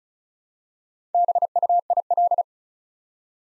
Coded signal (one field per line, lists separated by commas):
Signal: Morse code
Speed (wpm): 36 wpm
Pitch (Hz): 700 Hz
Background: none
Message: BUIL